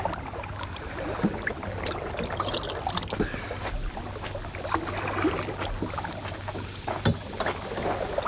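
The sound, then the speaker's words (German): Water sloshes and splashes irregularly inside a rowboat that is full of water, with occasional sharp knocks and a steady low hum underneath. No voices are heard. “Das ist ja voll Wasser.”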